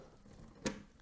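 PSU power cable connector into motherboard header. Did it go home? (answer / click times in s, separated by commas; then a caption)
yes / 0.7 s. A power supply cable connector is pushed into an awkward, partly blocked motherboard header during a Cooler Master NR200P PC build. After quiet low background, one short, sharp click is heard at 0.7 s, and the connector locks and seats in place.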